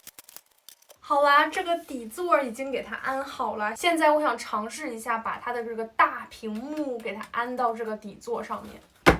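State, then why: Not seated. A large monitor screen is being handled as it is brought to its already-assembled stand base, with a few faint ticks in the first second and then someone talking through most of the clip. A brief sharp knock sounds at the very end, but the screen has not seated or clicked onto the base yet.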